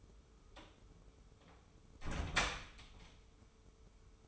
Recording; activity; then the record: daily activity, microphone in the room; close door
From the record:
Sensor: 1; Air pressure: 1015.2 hPa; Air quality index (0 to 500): 152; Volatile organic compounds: 8 ppm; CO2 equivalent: 2099 ppm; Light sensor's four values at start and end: 14/32/14/15 and 14/32/14/15